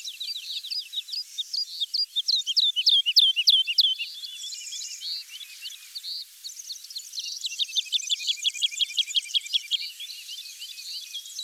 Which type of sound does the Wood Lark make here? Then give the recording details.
song. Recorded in the wild. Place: St. Laurent des Arbres und Umgebung, FR. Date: 2008-05-16. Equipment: MiniDisc Sharp MT 20 H. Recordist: Schwarz, Dieter